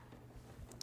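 On a Singer Simple 2263 sewing machine, the bobbin winder pin with a bobbin on it is pushed over to the right to engage winding mode. A faint tick at 0.7 s is followed by a sharp click at 0.8 s as the pin snaps over and seats.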